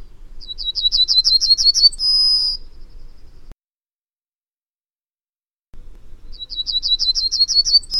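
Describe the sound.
Bird song: a quick run of about eight high, slurred notes ending in a steady, pure whistle, then repeated after a silent gap; faint low noise beneath.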